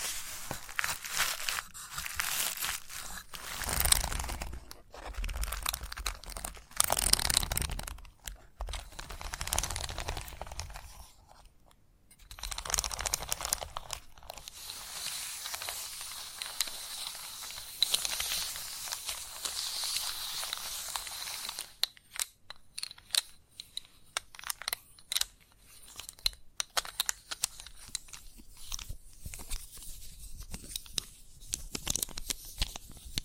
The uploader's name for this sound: Chalk Sounds Tapping, Scratching, Carving etc